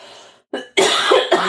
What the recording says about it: I'm still coughing. I'm on day 7 of antibiotics in hopes that this will go away quickly.